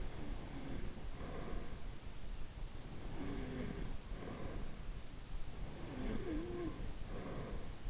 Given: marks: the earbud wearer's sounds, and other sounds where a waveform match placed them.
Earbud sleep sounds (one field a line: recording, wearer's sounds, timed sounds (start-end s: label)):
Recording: sounds in sleep by an in-ear microphone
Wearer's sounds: breath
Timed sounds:
0.00-2.11 s: breath
2.75-4.94 s: breath
5.58-7.75 s: breath